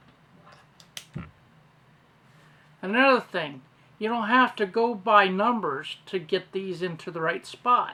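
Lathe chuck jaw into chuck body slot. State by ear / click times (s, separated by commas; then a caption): seated / 1.0 s. A jaw is pushed into the T-slot of a snap-in lathe chuck, with a faint tick at 0.8 s, a sharp click at 1.0 s as the jaw snaps into place, and a softer tick at 1.2 s. After a quiet stretch, someone talks from about 2.8 s to the end.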